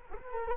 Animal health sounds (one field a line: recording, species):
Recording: mosquito wingbeat signal from an infrared sensor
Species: Culex quinquefasciatus